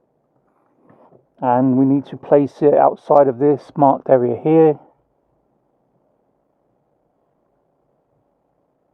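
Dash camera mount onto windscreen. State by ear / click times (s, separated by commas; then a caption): not seated / none. A dash camera mount for an IBAYE dual camera dashcam (2.5K front, 720p rear) is being moved around a windscreen in its unlocked position to find a spot outside the marked area before it is fixed and locked. Someone talks from about 1.4 to 4.7 seconds after a faint sound at 0.9 seconds, then the clip falls silent. Nothing has seated or clicked yet.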